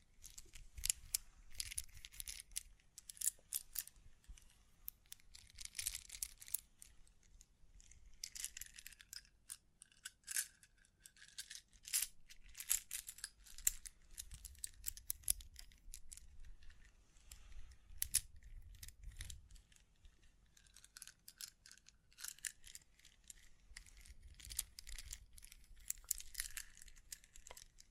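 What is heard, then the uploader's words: Dense crinkling and scratching with quick tapping and brushing strokes, bright and crackly in bursts, over a soft low rumble throughout. ASMR 9 Triggers Assortment for Sleep Tapping, Scratching, Brushing, Crinkles(No Talking).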